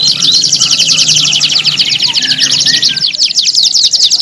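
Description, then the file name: Domestic canary song, a busy stream of fast high trills and chirps, over a soft low hum. Simulated standard canary singing contest. "audio-simulasi-lomba-kenari-standar 3-omkicau"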